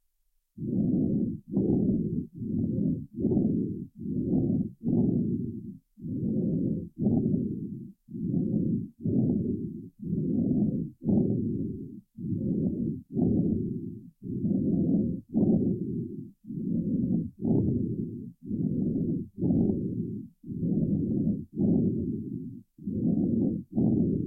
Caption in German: An der Trachea hörbare scharfe Ein- und Ausatmungsgeräusch beim gesunden Pferd ohne Atemstimulation.